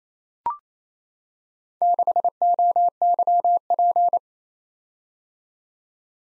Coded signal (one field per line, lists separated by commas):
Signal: Morse code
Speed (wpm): 27 wpm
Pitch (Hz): 700 Hz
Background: none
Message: 6OYP